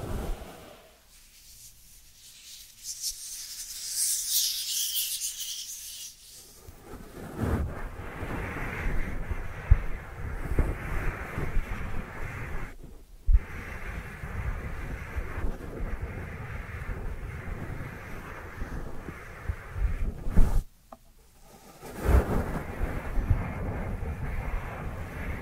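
Dry hands rubbing together, a rough, steady rasping that dominates most of the 25 seconds. It opens with a brief hiss and a stretch of near silence, then the scuffing runs dense and low, with short pauses around 13 and 21 seconds.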